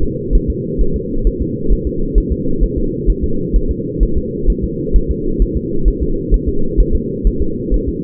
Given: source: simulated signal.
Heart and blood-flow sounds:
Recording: fetal heart sounds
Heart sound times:
0.03 s: S2
0.35 s: S1
0.50 s: S2
0.81 s: S1
0.96 s: S2
1.27 s: S1
1.42 s: S2
1.73 s: S1
1.87 s: S2
2.18 s: S1
2.32 s: S2
2.64 s: S1
2.78 s: S2
3.10 s: S1
3.24 s: S2
3.56 s: S1
3.71 s: S2
4.03 s: S1
4.18 s: S2
4.50 s: S1
4.64 s: S2
4.96 s: S1
5.11 s: S2
5.42 s: S1
5.57 s: S2
5.88 s: S1
6.03 s: S2
6.34 s: S1
6.49 s: S2
6.80 s: S1
6.95 s: S2
7.27 s: S1
7.42 s: S2
7.74 s: S1
7.89 s: S2
From the record:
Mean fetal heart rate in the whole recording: 130 bpm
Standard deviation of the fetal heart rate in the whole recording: 2 bpm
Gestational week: 36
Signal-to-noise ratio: -8.1 dB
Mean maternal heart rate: 72 bpm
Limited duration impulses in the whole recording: absent

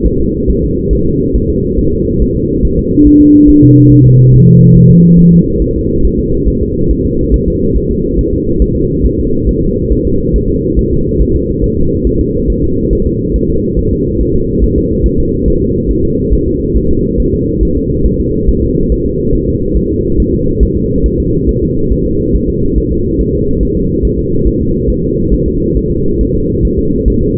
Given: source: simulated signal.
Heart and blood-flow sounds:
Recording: fetal heart sounds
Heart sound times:
0.06 s: S1
0.20 s: S2
0.50 s: S1
0.64 s: S2
0.93 s: S1
1.07 s: S2
1.36 s: S1
1.50 s: S2
1.79 s: S1
1.93 s: S2
2.22 s: S1
2.36 s: S2
2.65 s: S1
2.79 s: S2
3.07 s: S1
3.21 s: S2
3.50 s: S1
3.64 s: S2
3.92 s: S1
4.06 s: S2
4.34 s: S1
4.48 s: S2
4.76 s: S1
4.90 s: S2
5.19 s: S1
5.33 s: S2
5.62 s: S1
5.76 s: S2
6.05 s: S1
6.19 s: S2
6.49 s: S1
6.62 s: S2
6.91 s: S1
7.05 s: S2
7.34 s: S1
7.48 s: S2
7.77 s: S1
7.91 s: S2
8.19 s: S1
8.33 s: S2
8.62 s: S1
8.76 s: S2
9.06 s: S1
9.20 s: S2
9.49 s: S1
9.63 s: S2
9.93 s: S1
10.07 s: S2
10.36 s: S1
10.50 s: S2
10.79 s: S1
10.93 s: S2
11.22 s: S1
11.36 s: S2
11.64 s: S1
11.78 s: S2
12.07 s: S1
12.21 s: S2
12.50 s: S1
12.64 s: S2
12.93 s: S1
13.07 s: S2
13.36 s: S1
13.50 s: S2
13.79 s: S1
13.93 s: S2
14.21 s: S1
14.35 s: S2
14.64 s: S1
14.78 s: S2
15.06 s: S1
15.20 s: S2
15.48 s: S1
15.62 s: S2
15.91 s: S1
16.05 s: S2
16.33 s: S1
16.47 s: S2
16.77 s: S1
16.91 s: S2
17.20 s: S1
17.34 s: S2
17.63 s: S1
17.77 s: S2
18.06 s: S1
18.20 s: S2
18.49 s: S1
18.63 s: S2
18.92 s: S1
19.06 s: S2
19.35 s: S1
19.49 s: S2
19.77 s: S1
19.91 s: S2
20.20 s: S1
20.34 s: S2
20.63 s: S1
20.77 s: S2
21.06 s: S1
21.20 s: S2
21.49 s: S1
21.63 s: S2
21.92 s: S1
22.06 s: S2
22.36 s: S1
22.50 s: S2
22.78 s: S1
22.92 s: S2
23.21 s: S1
23.35 s: S2
23.63 s: S1
23.77 s: S2
24.05 s: S1
24.19 s: S2
24.47 s: S1
24.62 s: S2
24.90 s: S1
25.04 s: S2
25.34 s: S1
25.48 s: S2
25.77 s: S1
25.91 s: S2
26.21 s: S1
26.35 s: S2
26.65 s: S1
26.79 s: S2
27.08 s: S1
27.22 s: S2
From the record:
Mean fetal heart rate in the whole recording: 140 bpm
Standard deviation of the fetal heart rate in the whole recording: 2 bpm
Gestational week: 34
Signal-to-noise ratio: -15.3 dB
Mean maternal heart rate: 72 bpm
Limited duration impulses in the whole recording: present

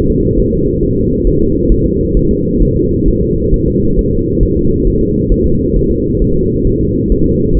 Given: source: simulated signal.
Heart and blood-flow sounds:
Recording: fetal heart sounds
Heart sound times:
0.10 s: S2
0.39 s: S1
0.54 s: S2
0.83 s: S1
0.97 s: S2
1.27 s: S1
1.41 s: S2
1.72 s: S1
1.86 s: S2
2.17 s: S1
2.31 s: S2
2.62 s: S1
2.77 s: S2
3.08 s: S1
3.22 s: S2
3.54 s: S1
3.68 s: S2
3.99 s: S1
4.13 s: S2
4.43 s: S1
4.57 s: S2
4.87 s: S1
5.01 s: S2
5.32 s: S1
5.46 s: S2
5.76 s: S1
5.91 s: S2
6.22 s: S1
6.36 s: S2
6.67 s: S1
6.81 s: S2
7.12 s: S1
7.26 s: S2
7.57 s: S1
From the record:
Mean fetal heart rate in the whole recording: 135 bpm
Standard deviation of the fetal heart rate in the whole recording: 3 bpm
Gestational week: 36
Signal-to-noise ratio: -15.3 dB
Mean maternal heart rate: 72 bpm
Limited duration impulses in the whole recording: present

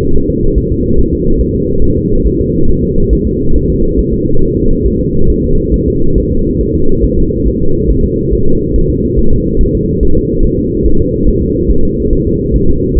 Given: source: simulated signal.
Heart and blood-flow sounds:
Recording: fetal heart sounds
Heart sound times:
0.16 s: S1
0.30 s: S2
0.58 s: S1
0.72 s: S2
0.99 s: S1
1.13 s: S2
1.41 s: S1
1.55 s: S2
1.84 s: S1
1.98 s: S2
2.26 s: S1
2.41 s: S2
2.70 s: S1
2.84 s: S2
3.13 s: S1
3.27 s: S2
3.56 s: S1
3.70 s: S2
3.99 s: S1
4.13 s: S2
4.43 s: S1
4.57 s: S2
4.86 s: S1
5.00 s: S2
5.30 s: S1
5.44 s: S2
5.74 s: S1
5.88 s: S2
6.18 s: S1
6.32 s: S2
6.61 s: S1
6.75 s: S2
7.05 s: S1
7.19 s: S2
7.48 s: S1
7.62 s: S2
7.91 s: S1
8.05 s: S2
8.33 s: S1
8.47 s: S2
8.76 s: S1
8.90 s: S2
9.19 s: S1
9.33 s: S2
9.61 s: S1
9.75 s: S2
10.03 s: S1
10.17 s: S2
10.45 s: S1
10.59 s: S2
10.86 s: S1
11.01 s: S2
11.28 s: S1
11.42 s: S2
11.71 s: S1
11.85 s: S2
12.13 s: S1
12.27 s: S2
12.56 s: S1
12.70 s: S2
12.98 s: S1
From the record:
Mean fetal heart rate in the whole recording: 140 bpm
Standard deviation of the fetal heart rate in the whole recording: 2 bpm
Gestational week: 34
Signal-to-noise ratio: -19.1 dB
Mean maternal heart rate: 72 bpm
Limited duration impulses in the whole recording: present

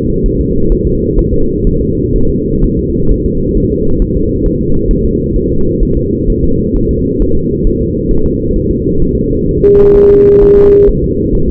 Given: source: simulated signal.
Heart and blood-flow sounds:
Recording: fetal heart sounds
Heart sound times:
0.26 s: S1
0.41 s: S2
0.72 s: S1
0.87 s: S2
1.19 s: S1
1.34 s: S2
1.67 s: S1
1.82 s: S2
2.16 s: S1
2.30 s: S2
2.64 s: S1
2.79 s: S2
3.12 s: S1
3.26 s: S2
3.57 s: S1
3.72 s: S2
4.02 s: S1
4.17 s: S2
4.46 s: S1
4.61 s: S2
4.91 s: S1
5.05 s: S2
5.36 s: S1
5.51 s: S2
5.83 s: S1
5.97 s: S2
6.30 s: S1
6.44 s: S2
6.76 s: S1
6.91 s: S2
7.22 s: S1
7.37 s: S2
7.67 s: S1
7.82 s: S2
8.11 s: S1
8.26 s: S2
8.56 s: S1
8.71 s: S2
9.02 s: S1
9.17 s: S2
9.49 s: S1
9.63 s: S2
9.96 s: S1
10.11 s: S2
10.43 s: S1
10.58 s: S2
10.89 s: S1
11.04 s: S2
11.35 s: S1
11.50 s: S2
From the record:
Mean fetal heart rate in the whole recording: 130 bpm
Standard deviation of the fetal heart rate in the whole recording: 4 bpm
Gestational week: 38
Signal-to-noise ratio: -16.4 dB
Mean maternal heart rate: 72 bpm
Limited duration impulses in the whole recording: present

